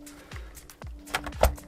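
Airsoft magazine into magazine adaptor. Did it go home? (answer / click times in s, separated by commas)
no / none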